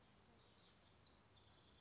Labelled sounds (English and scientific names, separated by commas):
House Wren (Troglodytes aedon)